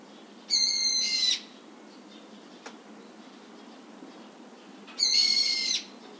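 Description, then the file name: Brown-eared bulbul calling twice, each a harsh, strained screech, a few seconds apart, with a faint tick between them. "hiyo"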